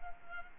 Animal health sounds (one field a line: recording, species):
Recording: mosquito wingbeat signal from an infrared sensor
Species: Culex quinquefasciatus